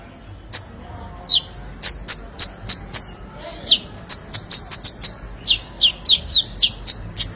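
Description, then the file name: Sunbird song: a quick run of thin, very high chirps and short twittering notes, some in tight bursts, with a brief pause near the middle. "Kolibri Lebah"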